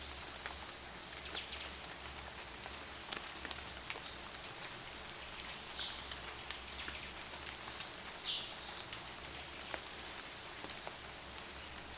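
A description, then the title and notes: Water drips steadily through a forest after rain, a dense patter of small drops with sharper ticks scattered throughout. A low hum runs underneath. Brief high bird chirps break through a few times, most clearly around six and eight seconds. Forest after rain.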